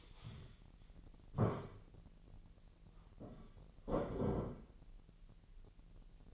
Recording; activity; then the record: daily activity, microphone in the room; stand up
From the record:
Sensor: 4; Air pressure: 1002.7 hPa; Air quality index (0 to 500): 248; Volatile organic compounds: 34 ppm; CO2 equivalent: 3032 ppm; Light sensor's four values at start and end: 11/24/10/10 and 11/24/10/10